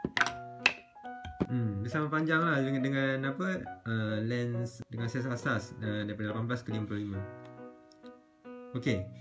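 The zoom ring of a retracted collapsible EF-M 11-22mm F/4-5.6 IS STM wide-angle lens on a Canon EOS M3 is twisted to extend it for shooting, and it clicks into its extended position with a sharp snap at 0.7 s. Music plays underneath while someone talks.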